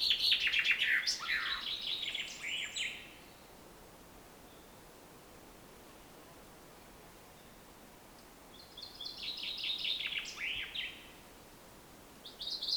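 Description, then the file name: Common chaffinch singing two full descending trilled phrases with flourished endings about eight seconds apart, a third phrase starting at the end, quiet pauses between. "Fringilla coelebs"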